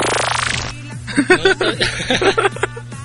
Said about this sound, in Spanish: Es que ese sonido fue de que una sirena se echó un pum.